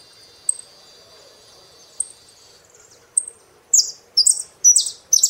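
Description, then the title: Saffron finch song: sparse high chip notes at first, then a rapid run of loud, buzzy notes toward the end. "Jilguero Argentino"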